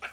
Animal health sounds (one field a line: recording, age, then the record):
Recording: pig call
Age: piglet (1 to 25 days)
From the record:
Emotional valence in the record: positive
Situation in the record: after nursing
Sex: female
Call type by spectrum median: low-frequency call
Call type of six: high-frequency stable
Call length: 0.13 s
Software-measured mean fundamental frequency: 224 Hz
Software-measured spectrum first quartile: 1307 Hz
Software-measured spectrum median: 1851 Hz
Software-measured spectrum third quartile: 2557 Hz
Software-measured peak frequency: 1555 Hz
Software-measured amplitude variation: 156 dB a second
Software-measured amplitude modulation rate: 4.0 a second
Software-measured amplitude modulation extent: 39.2 dB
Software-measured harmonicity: 0.3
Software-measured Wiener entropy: -0.94